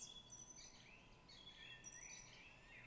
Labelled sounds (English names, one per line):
Song Thrush